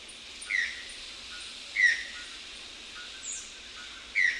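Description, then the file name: Channel-billed Toucan calling three times, each a brief harsh downward note, spaced unevenly with quiet hiss between. Recorded 31 October 2001. "2001-10-31 Channel-billed Toucan"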